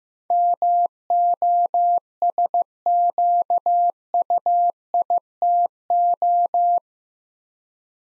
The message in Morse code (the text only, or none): MOSQUITO